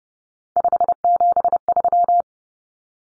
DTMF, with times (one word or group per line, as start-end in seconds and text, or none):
none